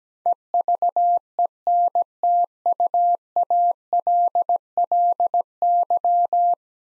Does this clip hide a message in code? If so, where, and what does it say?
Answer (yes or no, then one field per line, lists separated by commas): yes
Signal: Morse code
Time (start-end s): 0.3-6.5 s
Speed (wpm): 17 wpm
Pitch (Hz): 700 Hz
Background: none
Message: EVENTUALLY